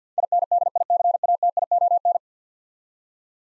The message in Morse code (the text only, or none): INDICATION